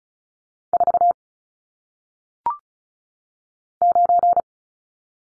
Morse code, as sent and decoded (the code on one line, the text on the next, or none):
....- / ----.
4 9